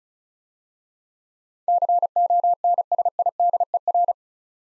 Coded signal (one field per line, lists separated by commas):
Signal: Morse code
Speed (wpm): 36 wpm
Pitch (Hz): 700 Hz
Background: none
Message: CONSIDER